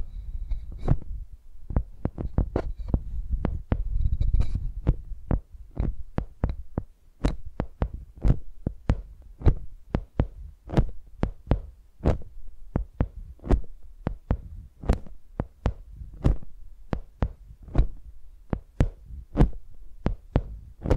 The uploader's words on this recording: Using Mics as Pencils (No Talking).